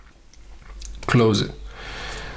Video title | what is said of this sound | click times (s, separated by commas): Pentel Tradio fountain pen | it gives that satisfying click when you closing | 0.8 s